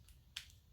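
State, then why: Seated. The handle of a repaired open-face fishing reel is turned, and a sharp, bright click at 0.4 s marks the internal gear snapping back into engagement, with fainter ticks around 0.1 s and 0.5 s. The reel re-engages, so the spool is driven again instead of spinning free.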